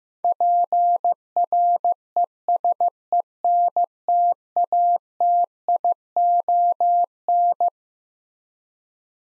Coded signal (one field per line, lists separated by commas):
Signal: Morse code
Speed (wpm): 15 wpm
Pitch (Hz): 700 Hz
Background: none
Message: PRESENTATION